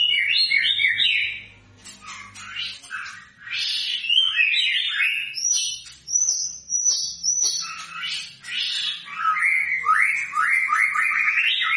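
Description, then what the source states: White-rumped shama pouring out varied whistles and chattering phrases, ending in a string of quick repeated rising notes. Energetic, vigorous song used as a lure recording to provoke an immediate response.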